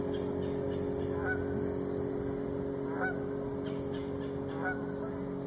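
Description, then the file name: Goose honks, three short calls spaced a little under two seconds apart over a steady hum. "Galuu goose"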